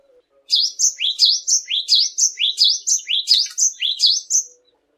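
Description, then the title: Cinereous tit singing a fast, steady series of bright, rising-and-falling whistled notes, roughly a dozen in a four-second phrase, with little else heard. In full song (gacor). "glatik batu gacor"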